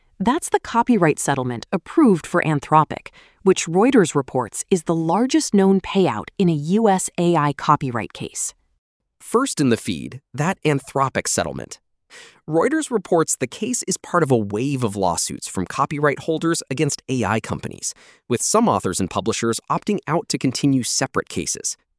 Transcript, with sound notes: That’s the copyright settlement approved for Anthropic, which Reuters reports is the largest known payout in a U.S. AI copyright case.
[with emphasis] First in the feed, that Anthropic settlement. Reuters reports the case is part of a wave of lawsuits from copyright holders against AI companies, with some authors and publishers opting out to continue separate cases.